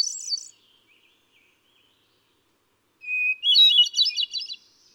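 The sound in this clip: Hermit thrush with the end of a high phrase, a silence, then a new song phrase starting on a sustained whistle and breaking into a bright, quavering cascade.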